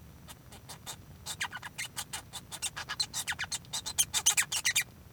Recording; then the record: song of a male Bengalese finch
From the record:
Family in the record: son of father 1